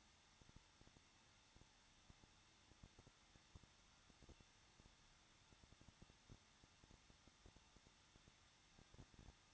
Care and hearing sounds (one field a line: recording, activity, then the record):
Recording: daily activity, microphone in the room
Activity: no activity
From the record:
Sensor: 3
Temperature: 21.2 degrees Celsius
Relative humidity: 36.4%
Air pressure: 1006.3 hPa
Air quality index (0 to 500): 223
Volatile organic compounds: 43 ppm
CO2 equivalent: 3200 ppm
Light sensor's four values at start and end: 2/3/2/2 and 2/3/2/2